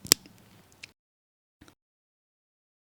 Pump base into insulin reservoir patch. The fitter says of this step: push down all the way until you hear a click